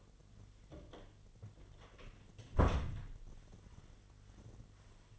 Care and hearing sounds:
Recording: daily activity, microphone in the room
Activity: close door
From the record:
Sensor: 4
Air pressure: 1008.0 hPa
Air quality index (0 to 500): 182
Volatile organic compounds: 5 ppm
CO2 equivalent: 1828 ppm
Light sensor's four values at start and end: 23/72/27/26 and 24/75/28/28

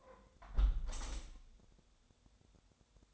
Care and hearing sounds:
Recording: daily activity, microphone in the room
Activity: close window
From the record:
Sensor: 3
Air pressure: 1014.9 hPa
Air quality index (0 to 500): 74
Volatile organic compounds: 2 ppm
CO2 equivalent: 1006 ppm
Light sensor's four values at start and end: 9/22/9/9 and 9/22/9/9

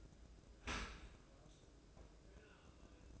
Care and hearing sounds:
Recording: daily activity, microphone in the room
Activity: open dishwasher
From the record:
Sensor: 2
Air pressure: 1012.2 hPa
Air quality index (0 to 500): 150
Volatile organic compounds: 2 ppm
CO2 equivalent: 1096 ppm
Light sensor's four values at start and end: 293/721/292/296 and 294/722/293/296

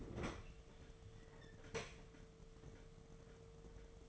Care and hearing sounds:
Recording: daily activity, microphone in the room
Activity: open fridge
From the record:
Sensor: 4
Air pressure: 1015.8 hPa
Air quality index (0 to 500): 191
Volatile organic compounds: 10 ppm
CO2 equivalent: 2203 ppm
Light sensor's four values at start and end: 16/38/16/17 and 13/30/13/14

